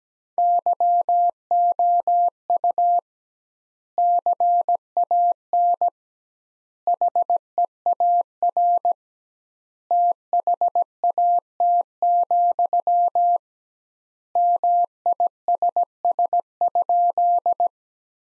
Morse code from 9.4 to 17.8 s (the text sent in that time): THAT, MISS?